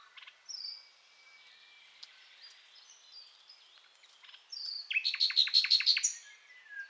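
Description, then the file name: Common nightingale song phrase ending in a fast, loud series of several repeated piping notes, with faint twittering throughout. "Luscinia megarhynchos"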